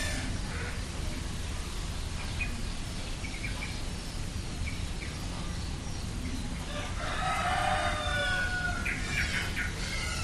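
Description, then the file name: Chicken: a rooster crow late over steady low rumbling noise, with faint bird chirps. Rural Bali, Indonesia, as a thunderstorm approaches. "nature rural ambience pigs chickens birds insects approaching thunderstorm bali indonesia"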